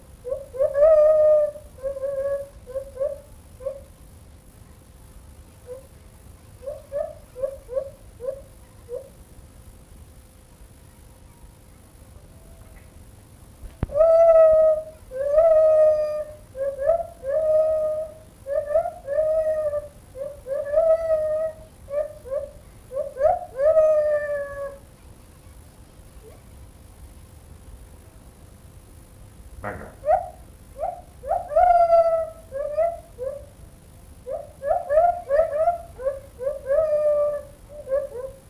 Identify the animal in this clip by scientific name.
Hylobates lar